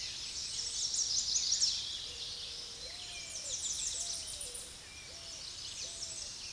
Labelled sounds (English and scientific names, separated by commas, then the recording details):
American Redstart (Setophaga ruticilla) song
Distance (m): 25 m
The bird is about 5 m above the microphone
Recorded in a Pennsylvania forest on 16 May 2024 at 06:07
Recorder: AudioMoth, point MSD-0263
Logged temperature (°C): 16.0 °C
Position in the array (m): 105 m, 230 m